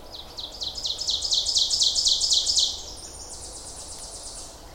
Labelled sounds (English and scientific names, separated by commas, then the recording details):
Ovenbird (Seiurus aurocapilla) song
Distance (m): 15 m
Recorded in boreal forest in Alberta, Canada, on 26 May 2016 at 07:54
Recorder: SongMeter 3, array SBT-3-15
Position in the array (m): 52 m, 221 m
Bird 20